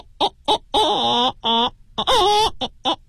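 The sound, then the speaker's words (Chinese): A voice imitates a hen clucking after laying an egg: a string of short, high falsetto clucks, then two longer wavering calls, ending with a few more quick clucks. “嗯， 比如说母鸡下蛋是这个啊的声音，哦哦哦哦哦，假声，哦哦哦哦哦。”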